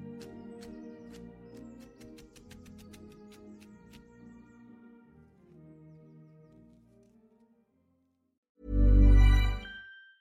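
Oldies music plays softly through the first eight seconds, with sustained tones and a string of quick, sharp clicks early on from kitchen work. It fades to near silence, then a sudden loud, rough burst of cooking noise erupts around the ninth second and stops.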